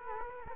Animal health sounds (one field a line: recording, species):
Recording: mosquito wingbeat signal from an infrared sensor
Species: Culex quinquefasciatus